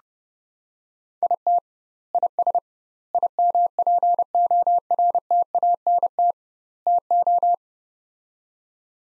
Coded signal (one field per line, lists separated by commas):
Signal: Morse code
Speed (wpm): 30 wpm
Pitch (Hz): 700 Hz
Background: none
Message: IT IS IMPORTANT TO